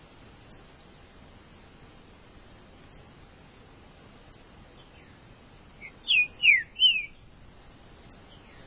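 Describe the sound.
Green-winged saltator song: after scattered soft notes, a short phrase of three loud slurred whistles, mostly falling, followed by one more soft note.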